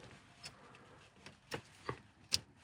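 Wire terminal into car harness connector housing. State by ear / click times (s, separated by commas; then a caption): seated / 2.3 s. A wire terminal moved from the original harness is slid into the same position in a car harness connector housing, for a 2015–2019 Mercedes-Benz C/GLC Class (W205/X253) Android display installation. A few faint ticks are followed by a sharp, bright click at 2.4 s as the pin seats in the housing.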